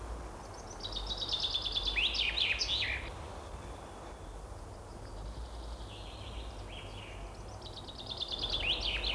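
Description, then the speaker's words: Chaffinch song: two bright descending rattling phrases ending in a flourish, several seconds apart, over a soft steady background hiss. Loud song heard in every grove and park, even in big cities. "Это поет зяблик. Без его громкой песни не обходится ни одна роща, ни один парк. Песню зяблика можно услышать даже в большом городе."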